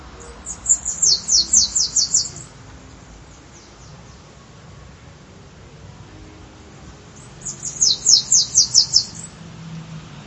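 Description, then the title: Bananaquit giving two bursts of very high, fast, buzzy twittering, each near two seconds long, separated by several seconds of quiet. "Canto De Cambacica"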